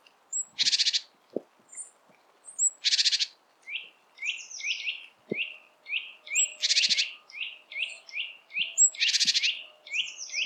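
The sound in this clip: Great tit calls: loud buzzy churr bursts alternating with series of short, slurred descending notes, delivered in quick irregular runs.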